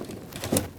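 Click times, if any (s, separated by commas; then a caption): none. A hose quick-connect is handled at a port on the fuel pump module of a 2010–2019 Ford Taurus 3.5L V6 while being fitted. A few short plastic taps and rustles are heard over a low background, the loudest near the middle of the clip. Nothing has seated or clicked on yet.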